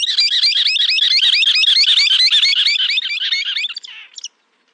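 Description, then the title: Scimitar-billed Woodcreeper giving a rapid run of many loud, sharp repeated notes, holding steady, then weakening and breaking off after about four seconds. "LuckyPassaro Completos2Sama. Scimitar-billed Woodcreeper (Drymornis bridgesii)"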